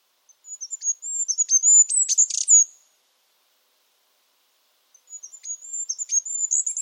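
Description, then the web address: Bird giving high, thin warbling and twittering phrases with a few sharp ticks, two bursts separated by a long silent pause. "cianscape. Deverinetal 2025. Bird Only"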